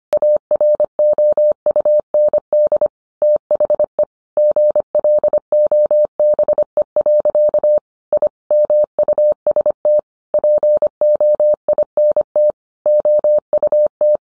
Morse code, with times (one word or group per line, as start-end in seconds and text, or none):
0.1-2.9 AROUND
3.2-4.0 THE
4.4-7.8 GLOBE.
8.1-8.3 I
8.5-10.0 MUST
10.3-12.5 POINT
12.9-14.2 OUT